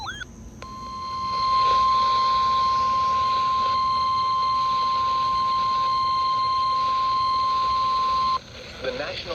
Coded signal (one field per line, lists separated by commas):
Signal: Emergency Alert System (SAME) tones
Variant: 1050 Hz attention tone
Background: speech